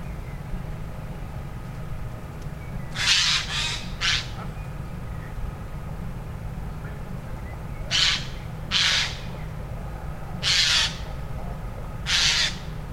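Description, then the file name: Eurasian jay giving harsh, rasping screeches: a quick cluster of three, then a pair, then two singles spaced a few seconds apart, over a steady low rumble. "Garrulus glandarius"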